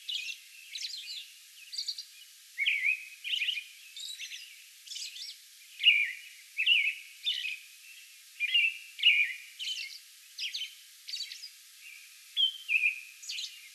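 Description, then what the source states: American robin song of whistled phrases with scratchy high elements, delivered in loose groups across the whole stretch. Song bout recorded May 11.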